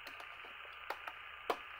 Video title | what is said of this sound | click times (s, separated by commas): 097. How to - Correct the whited-out Window on Hornby's R40174 - BR Mk3 LSL Midland Pullman M40802 | there we go little click | 0.9 s, 1.1 s, 1.5 s